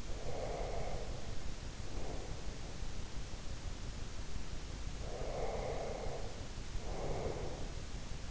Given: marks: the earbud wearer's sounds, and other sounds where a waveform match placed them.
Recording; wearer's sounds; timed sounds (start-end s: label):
sounds in sleep by an in-ear microphone; breath
0.00-2.46 s: breath
4.91-7.80 s: breath